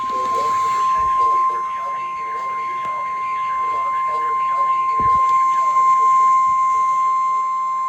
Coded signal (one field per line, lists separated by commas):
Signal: Emergency Alert System (SAME) tones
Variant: 1050 Hz attention tone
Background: speech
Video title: SEVERE WEATHER RETURNS EAS#205-209